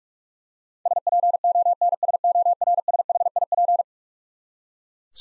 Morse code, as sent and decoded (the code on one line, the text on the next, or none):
... .--. --- -. ... --- .-. ... .... .. .--.
SPONSORSHIP